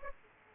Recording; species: mosquito wingbeat signal from an infrared sensor; Aedes aegypti